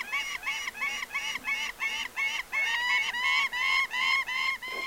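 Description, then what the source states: Gyrfalcon calling in a steady, rapid series of harsh, nasal notes, about three per second, without a break. Utsjoki uplands, Lapland; under a low crooked aspen 5-6 m tall holding an old raven's nest used by gyrfalcons for years; one of Lapland's rarest, most secretive birds.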